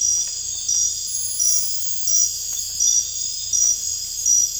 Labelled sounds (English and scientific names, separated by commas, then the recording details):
none
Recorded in dense forest near Puerto Asís, Putumayo, Colombia, on 22 December 2024 at 00:30
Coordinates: 0.484, -76.325
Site G056